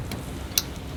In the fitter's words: click oh i heard it yeah that's the beauty of these they work all the time